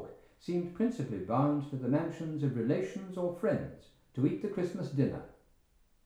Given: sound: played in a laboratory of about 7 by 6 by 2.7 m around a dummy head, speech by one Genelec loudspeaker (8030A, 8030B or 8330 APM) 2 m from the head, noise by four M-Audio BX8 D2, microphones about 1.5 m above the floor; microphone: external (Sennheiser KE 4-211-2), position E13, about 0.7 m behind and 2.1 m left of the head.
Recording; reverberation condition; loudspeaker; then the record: male speech in English; medium; 90 degrees to the left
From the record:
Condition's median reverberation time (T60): about 510 ms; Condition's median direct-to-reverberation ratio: about -0.5 dB